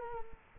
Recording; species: mosquito wingbeat signal from an infrared sensor; Culex quinquefasciatus